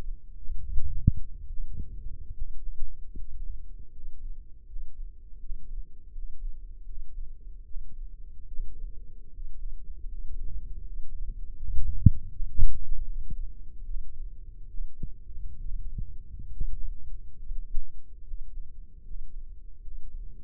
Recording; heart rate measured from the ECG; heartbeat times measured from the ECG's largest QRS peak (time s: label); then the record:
heart sounds by microphone in the left ear; 75 bpm
0.60 s: heartbeat
1.47 s: heartbeat
2.33 s: heartbeat
3.14 s: heartbeat
3.91 s: heartbeat
4.66 s: heartbeat
5.39 s: heartbeat
6.12 s: heartbeat
6.85 s: heartbeat
7.64 s: heartbeat
8.47 s: heartbeat
9.30 s: heartbeat
10.07 s: heartbeat
10.83 s: heartbeat
11.56 s: heartbeat
12.30 s: heartbeat
13.04 s: heartbeat
13.84 s: heartbeat
14.68 s: heartbeat
15.59 s: heartbeat
16.51 s: heartbeat
17.39 s: heartbeat
18.24 s: heartbeat
19.03 s: heartbeat
19.81 s: heartbeat
From the record:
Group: healthy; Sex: male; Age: 35 years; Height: 178 cm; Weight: 64 kg